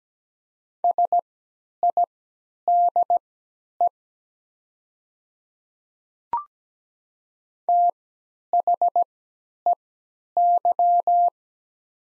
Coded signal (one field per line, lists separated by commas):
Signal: Morse code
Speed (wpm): 17 wpm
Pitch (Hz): 700 Hz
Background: none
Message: SIDE THEY